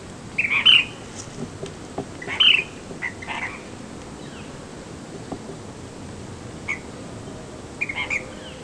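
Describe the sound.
Ash-throated flycatcher calls, burry two-part notes and brief sharp single calls spaced irregularly, with soft steady background hiss.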